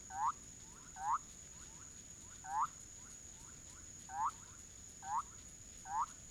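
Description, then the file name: Bolivian thin-toed frog calls: short rising whooping notes repeated at an uneven pace, with fainter calls between them and a steady high-pitched whine throughout. "Leptodactylus bolivianus"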